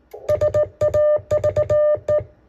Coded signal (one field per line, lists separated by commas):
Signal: Morse code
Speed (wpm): 16 wpm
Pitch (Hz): 600 Hz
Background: music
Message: SAVE